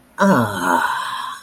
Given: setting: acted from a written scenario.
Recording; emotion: vocal sound without words; neutral